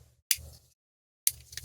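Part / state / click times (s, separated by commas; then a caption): lockback knife blade tang and lock bar / seated / 0.3 s, 1.3 s. A lockback folding knife's blade is opened, and the lock bar clicks twice against the blade tang: first at 0.3 s as it rides over the shallow dimple of the half stop, then at 1.3 s as it drops into the lock cutout. A few fainter ticks follow around 1.5–1.6 s over a low background rumble. The blade ends fully locked open.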